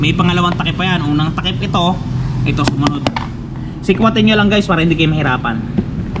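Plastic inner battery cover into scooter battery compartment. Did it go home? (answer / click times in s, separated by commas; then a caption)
no / none. Someone talks while working the plastic second (inner) battery cover into a scooter's battery compartment, with brief sharp handling knocks around 2.7–3.1 s and a short sharp sound right at the end. The cover has not seated or clicked yet.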